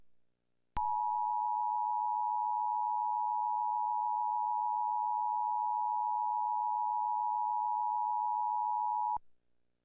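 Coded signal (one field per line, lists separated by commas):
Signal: Emergency Alert System (SAME) tones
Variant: 853 and 960 Hz attention tone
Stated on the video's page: Mock EAS scenario with valid SAME tones, not an actual broadcast alert.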